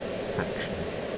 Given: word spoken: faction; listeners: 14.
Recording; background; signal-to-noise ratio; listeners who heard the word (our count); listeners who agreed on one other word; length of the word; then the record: one English word in noise, from a listening test; speech-shaped noise; -4.6 dB; 0 of 14; 11 of 14; 0.78 s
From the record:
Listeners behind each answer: 11, 2, 1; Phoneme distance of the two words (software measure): 7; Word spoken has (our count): 2 syllables, 5 phonemes, stress on syllable 1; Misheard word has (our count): 2 syllables, 4 phonemes, stress on syllable 1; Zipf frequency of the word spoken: 2.87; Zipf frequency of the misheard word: 5.09